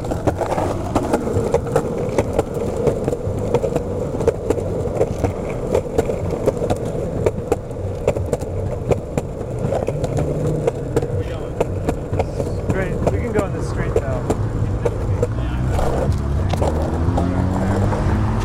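Skateboard wheels roll steadily over pavement, a constant low rumble dense with rapid clicks from joints and cracks in the surface. Voices come through at times, and traffic noise hums underneath. Near the end the rumble deepens and wavers as the surface changes.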